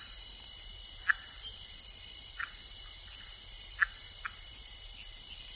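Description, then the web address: Tiger-striped leaf frog gives brief clicking notes, a few spaced unevenly, set against a steady shrill insect chorus. Ecuadorian Amazon, South America. "Natures Songs S America Frogs of Ecuadorian Amazon Phyllomedusa tomopterna"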